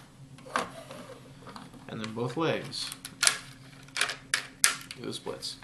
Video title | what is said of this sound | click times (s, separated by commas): Transformers G1 Powermaster Optimus Prime (1988) | and click into place | 0.6 s